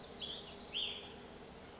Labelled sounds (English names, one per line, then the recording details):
Cassin's Vireo
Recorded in Sonoma County, California